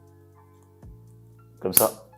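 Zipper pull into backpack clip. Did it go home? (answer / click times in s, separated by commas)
no / none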